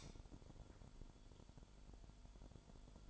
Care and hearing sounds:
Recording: daily activity, microphone in the room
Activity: light on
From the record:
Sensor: 5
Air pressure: 1008.0 hPa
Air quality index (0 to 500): 102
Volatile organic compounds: 1 ppm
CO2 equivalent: 797 ppm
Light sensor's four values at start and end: 34/80/33/33 and 35/82/33/34

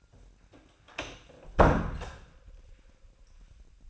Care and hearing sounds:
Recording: daily activity, microphone in the room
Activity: close door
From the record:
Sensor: 2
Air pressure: 1009.1 hPa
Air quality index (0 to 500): 191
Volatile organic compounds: 3 ppm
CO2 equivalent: 1385 ppm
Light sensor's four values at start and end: 29/76/32/34 and 29/76/32/34

